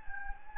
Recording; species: mosquito wingbeat signal from an infrared sensor; Anopheles gambiae